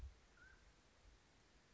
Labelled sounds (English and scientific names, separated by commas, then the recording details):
Mountain Quail (Oreortyx pictus)
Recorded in Sonoma County, California